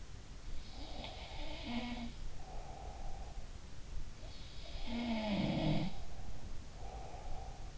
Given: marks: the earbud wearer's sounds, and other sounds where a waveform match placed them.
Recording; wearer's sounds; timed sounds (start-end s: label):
sounds in sleep by an in-ear microphone; breath
0.71-3.62 s: sound from someone else or the room
0.80-2.27 s: breath
4.59-7.78 s: sound from someone else or the room
5.73-7.78 s: breath